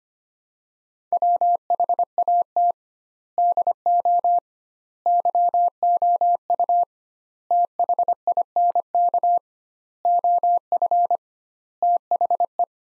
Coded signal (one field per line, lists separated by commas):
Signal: Morse code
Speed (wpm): 25 wpm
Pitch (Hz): 700 Hz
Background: none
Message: WHAT DO YOU THINK OF THE